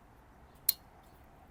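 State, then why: Seated. A J-type plastic wiper blade adapter for a PIAA silicone wiper is slid from the bottom onto the hook of the wiper arm on a 2009 Porsche Cayman (987.2). Over a quiet background, a single sharp, bright click is heard at 0.7 s as the locking mechanism catches the tab on the arm. The adapter is seated and locked in place.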